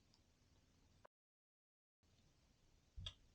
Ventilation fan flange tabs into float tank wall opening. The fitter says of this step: now that you've got all of these tabs pulled through to where they click into place